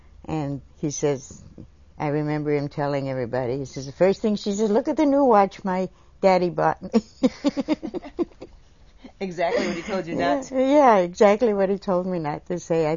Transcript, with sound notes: And he says, I remember him telling everybody, says the first thing she says "Watch at the new watch my daddy bought me!" (laughs)
Exactly what he told you not to?
Yeah, exactly what he told me not to say.